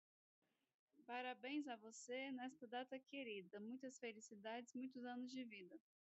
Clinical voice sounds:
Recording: short text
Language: Brazilian Portuguese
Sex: female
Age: 30 to 39 years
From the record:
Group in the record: control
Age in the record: 34 years

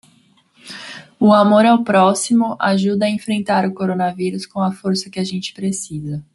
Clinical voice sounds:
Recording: spoken sentence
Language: Brazilian Portuguese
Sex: female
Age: 20 to 29 years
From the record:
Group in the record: control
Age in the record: 29 years

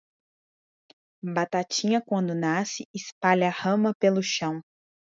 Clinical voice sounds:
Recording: short text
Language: Brazilian Portuguese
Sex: female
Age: 20 to 29 years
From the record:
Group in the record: control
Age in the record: 22 years

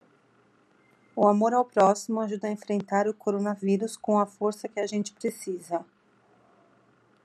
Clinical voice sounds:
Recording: spoken sentence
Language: Brazilian Portuguese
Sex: female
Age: 40 to 49 years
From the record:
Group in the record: control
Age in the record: 42 years

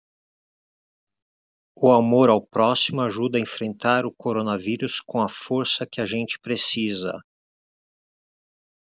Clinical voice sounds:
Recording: spoken sentence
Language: Brazilian Portuguese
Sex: male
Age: 50 to 59 years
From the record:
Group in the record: control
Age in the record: 57 years

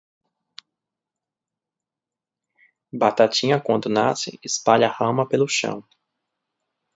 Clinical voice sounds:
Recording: short text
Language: Brazilian Portuguese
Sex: male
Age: 30 to 39 years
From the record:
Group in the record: control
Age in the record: 33 years

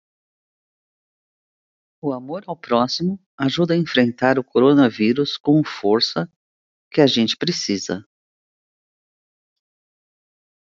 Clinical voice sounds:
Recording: spoken sentence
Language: Brazilian Portuguese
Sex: female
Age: 50 to 59 years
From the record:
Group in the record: control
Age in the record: 55 years

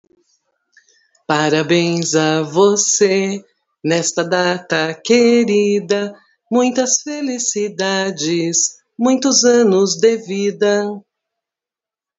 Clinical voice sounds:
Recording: short text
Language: Brazilian Portuguese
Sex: female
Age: 50 to 59 years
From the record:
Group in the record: control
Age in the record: 54 years

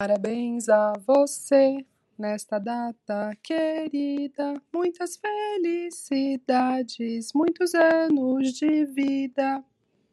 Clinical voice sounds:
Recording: short text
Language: Brazilian Portuguese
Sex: female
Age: 40 to 49 years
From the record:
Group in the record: control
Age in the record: 40 years

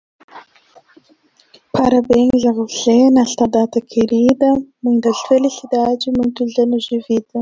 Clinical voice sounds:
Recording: short text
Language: Brazilian Portuguese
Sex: female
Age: 30 to 39 years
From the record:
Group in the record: control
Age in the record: 34 years

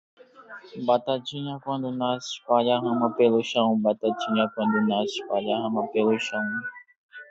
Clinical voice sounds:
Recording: short text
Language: Brazilian Portuguese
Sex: male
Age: 20 to 29 years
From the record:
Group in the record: control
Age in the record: 22 years

